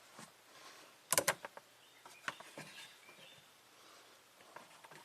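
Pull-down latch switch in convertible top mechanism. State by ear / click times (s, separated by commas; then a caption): not seated / none. The pull-down latch in the convertible top mechanism of a Cadillac Allante moves down on the grounded system, giving a quick burst of sharp knocks around 1.1 to 1.3 s and lighter ticks near 1.5 s, 2.3 s and 4.6 s over quiet background noise. The latch switch fails to click, and nothing has clicked yet.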